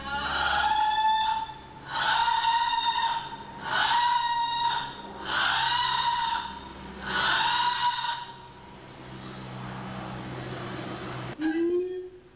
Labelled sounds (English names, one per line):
Siamang